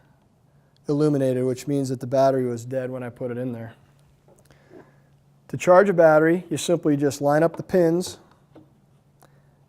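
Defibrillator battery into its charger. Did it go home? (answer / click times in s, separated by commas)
no / none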